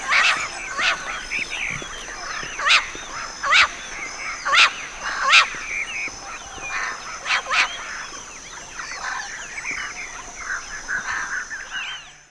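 Birds calling: many overlapping harsh, chattering calls, punctuated by several loud, sharp bursts through the first two-thirds, then a steadier chorus to the end.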